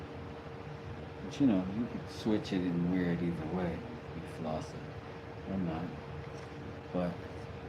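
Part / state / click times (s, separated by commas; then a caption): knife blade into its sheath / not seated / none. A small knife is handled near its sheath, which is likely rigid, while someone talks over a steady low hum. Nothing has seated or clicked yet; the knife has not snapped into the sheath by the end of the clip.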